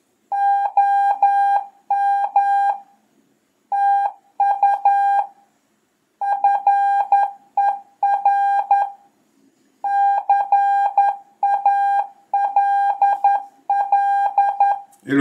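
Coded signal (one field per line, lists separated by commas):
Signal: Morse code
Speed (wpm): 11 wpm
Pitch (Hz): 800 Hz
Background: none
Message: OM TU FER CALL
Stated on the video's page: Beginner CW lesson showing a typical QSO with Q code and abbreviations.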